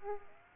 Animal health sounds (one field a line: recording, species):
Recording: mosquito wingbeat signal from an infrared sensor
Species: Aedes aegypti